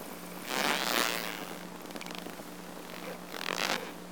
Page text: Watkins Marine Mammal Sound Database. Boutu, Amazon River Dolphin ( Inia geoffrensis ). Silver Springs, Fla. 3-Oct-1956